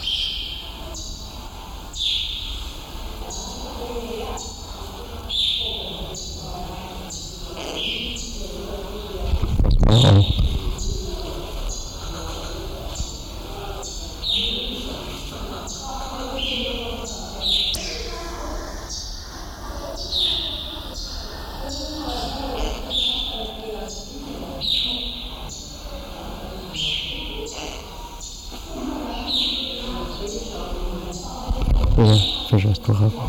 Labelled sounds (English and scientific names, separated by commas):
Grey Peacock-Pheasant (Polyplectron bicalcaratum)